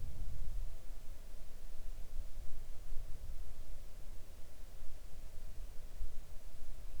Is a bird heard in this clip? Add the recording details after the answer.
no. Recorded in the Arctic National Wildlife Refuge, Alaska, on 3 August 2019 at 05:23. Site 41